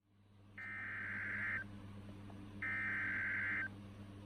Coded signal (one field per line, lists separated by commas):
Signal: Emergency Alert System (SAME) tones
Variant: header bursts